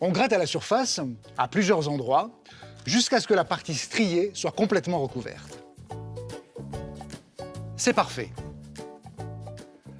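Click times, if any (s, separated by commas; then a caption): none. A plastic sampling stick from a colorectal cancer screening stool test kit is handled after scraping the sample and brought back toward its stool test tube, with someone talking over music in the first half. Soft handling taps follow around 5.9, 6.7, 7.0, 7.1 and 9.2 seconds. The stick has not yet gone back into the tube and nothing has clicked yet.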